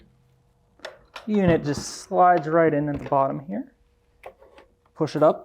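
A handheld Olympus Vanta XRF analyzer is slid into the bottom of a benchtop test workstation dock and pushed upward while someone talks. Brief light ticks of handling are heard around 0.9, 1.2, 4.3 and 4.6 seconds. Nothing has seated or clicked yet when the clip ends.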